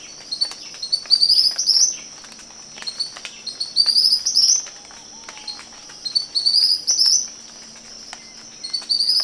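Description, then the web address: Tropical kingbird song: bursts of high, thin twittering notes that tumble and rise, repeated with short pauses over a steady high background tone. Recorded 20 September 2011. "chants 20110920 TYRMEL"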